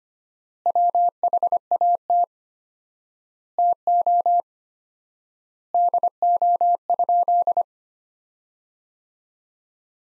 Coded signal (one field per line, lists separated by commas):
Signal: Morse code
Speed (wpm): 25 wpm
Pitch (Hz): 700 Hz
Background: none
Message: WHAT TO DO?